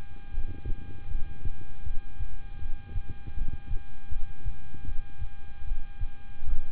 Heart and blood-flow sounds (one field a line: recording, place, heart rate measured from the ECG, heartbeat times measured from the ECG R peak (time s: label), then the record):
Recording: heart sounds by stethoscope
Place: between the tricuspid and mitral areas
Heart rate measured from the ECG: 78 bpm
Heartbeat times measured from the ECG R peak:
0.31 s: heartbeat
1.08 s: heartbeat
1.83 s: heartbeat
2.59 s: heartbeat
3.34 s: heartbeat
4.09 s: heartbeat
4.85 s: heartbeat
5.64 s: heartbeat
6.45 s: heartbeat
From the record:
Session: rest, lying down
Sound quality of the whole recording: good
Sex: male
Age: 26 years